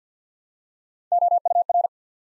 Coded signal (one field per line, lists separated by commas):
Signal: Morse code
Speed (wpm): 49 wpm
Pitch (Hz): 700 Hz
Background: none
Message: O U R